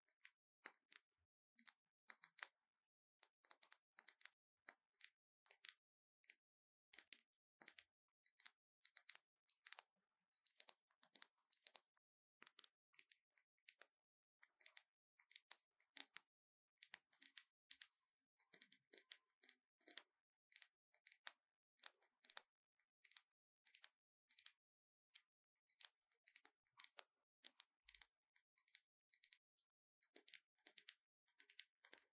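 Random triggers of crisp, bright tapping and clicking, like fingers on keys, fall in quick irregular bursts across the whole stretch, with near-silent gaps between.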